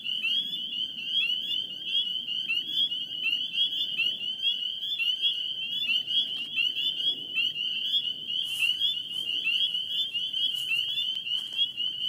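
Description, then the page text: Spring peepers in a dense chorus, many sharp high rising peeps overlapping continuously, with a low rumbling background. In Maryland. "Spring Peeper by Brian Gratwicke via iNaturalist"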